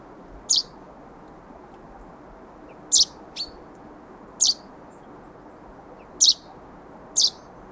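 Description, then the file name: Common chaffinch calling with brief, sharp high notes at irregular intervals, about five calls, one fainter call between, over a soft steady background hiss. "Fringilla coelebs"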